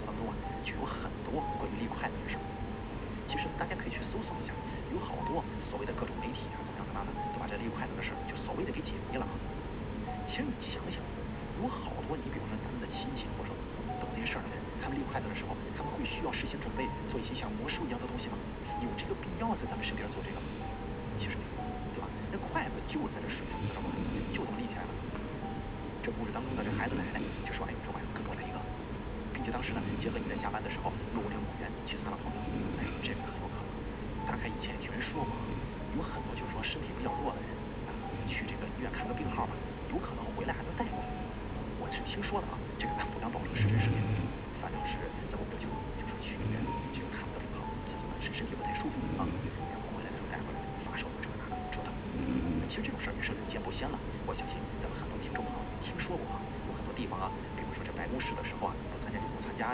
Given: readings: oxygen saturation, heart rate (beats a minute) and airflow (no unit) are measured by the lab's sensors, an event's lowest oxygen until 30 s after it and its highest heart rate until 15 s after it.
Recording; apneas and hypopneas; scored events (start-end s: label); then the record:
breathing in sleep by a voice recorder at the bedside; 1
3.00-27.20 s: hypopnea (N2, oxygen 95% highest, then 92% lowest)
From the record:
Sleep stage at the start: N2 (light sleep); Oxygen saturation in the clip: 92 to 95%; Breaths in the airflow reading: 18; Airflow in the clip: -2.3 to 3.3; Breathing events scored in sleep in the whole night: 335 in 6.7 hours asleep